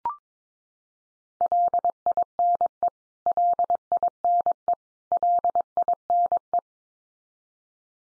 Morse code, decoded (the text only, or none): LINE LINE LINE